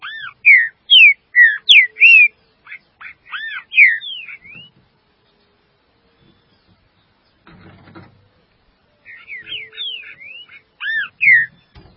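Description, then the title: Green-winged saltator, two song bouts: rapid clear whistles bending up and down, a quiet gap with faint rattling, then the whistled phrase returns. "Trinca Ferro"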